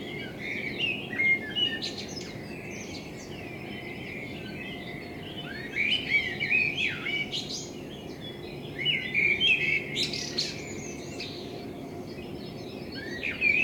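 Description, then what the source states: Common blackbird song, repeated bursts of warbled and twittering phrases separated by short quiet gaps, with low background hum throughout. Binaural dummy-head recording made with a self-built dummy head, in front of the recordist's window, meant for listening on headphones.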